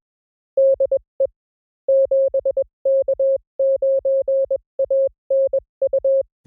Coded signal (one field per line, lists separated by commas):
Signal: Morse code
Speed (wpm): 21 wpm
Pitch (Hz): 540 Hz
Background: none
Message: DE 7K9ANU